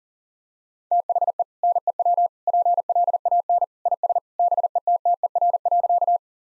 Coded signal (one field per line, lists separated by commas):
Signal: Morse code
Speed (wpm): 40 wpm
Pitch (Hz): 700 Hz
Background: none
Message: THE NEW PLAN IS BETTER.